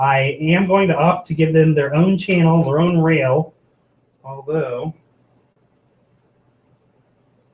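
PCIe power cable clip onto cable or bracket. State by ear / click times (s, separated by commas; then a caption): not seated / none. A cable clip on the power cable for the PCI Express cards in a gaming PC build (i7-6700K, Asus Z170 Pro Gaming, DDR4, water cooling) is pressed onto its cable or bracket, and it fails to snap in place or stay on. Someone talks from about 0 to 3.5 seconds and again briefly around 4.3 to 4.9 seconds, followed by quiet. Nothing has clicked or seated yet.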